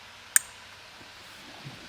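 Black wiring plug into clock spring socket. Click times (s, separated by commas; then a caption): 0.4 s. A black wiring plug is pushed straight into its clock spring socket on a 2007–2014 Toyota Corolla ZRE hatch, giving a single sharp, bright click at 0.4 s. It is followed only by faint low handling sounds. The connector is seated and clicked in, ready for the steering wheel to go back on.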